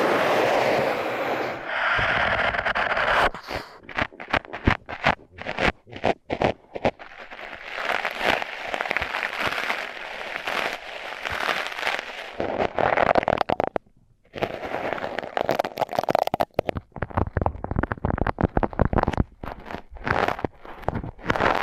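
Tape crinkles and crackles over microphones in dense, rapid bursts of sharp popping and scratching. The first few seconds hold a smoother, steady rustle, then sharp irregular crackles take over, with a brief near-silent gap around fourteen seconds before the crackling resumes.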